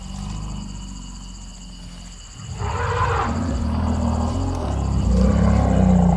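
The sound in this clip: Elephant roaring: a deep, rough, low hum gives way to a loud, broad roar that swells and holds over several seconds.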